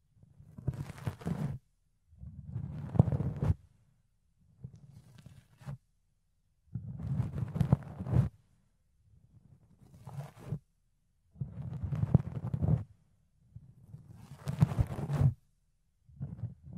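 Fluffy ear cleaning and ear picking come in soft, muffled bursts of rubbing and scratching, each lasting a second or two. A low, padded rumble runs under crisp crackles, and the strokes repeat about every two seconds with short near-silent gaps between them.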